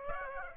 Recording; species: mosquito wingbeat signal from an infrared sensor; Aedes aegypti